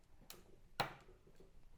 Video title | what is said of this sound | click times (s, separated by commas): New Land Rover Defender L663 LED DRL Front Grille With Light Bar - Demo & Fitting Instructions | You got some reassuring snapping going on. | 0.3 s, 0.8 s